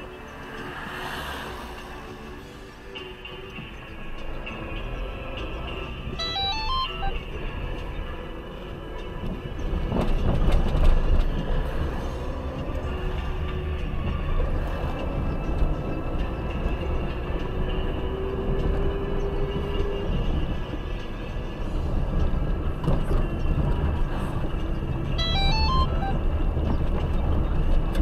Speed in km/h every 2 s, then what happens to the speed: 4, 3, 6, 17, 18, 19, 25, 26, 34, 39, 39, 38, 36, 34.
3-18 speeds up to 39. 18-28 steady at about 38.